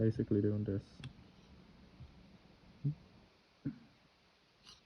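While assembling a line-following robot, a small component with a tiny locking tab on top (likely a wire connector) is handled near its socket on the robot chassis. Someone talks briefly at the start, then quiet short handling taps follow around 2.0, 2.9 and 3.7 seconds. The part has not yet seated or clicked into place.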